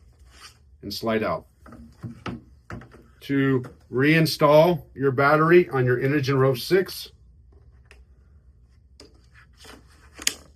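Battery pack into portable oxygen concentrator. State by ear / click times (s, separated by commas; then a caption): seated / 10.3 s. Someone talks while the removable battery is slid back into the bottom of an Inogen Rove 6 portable oxygen concentrator. After a few faint ticks, a loud, short click at 10.3 s marks the battery latching into place.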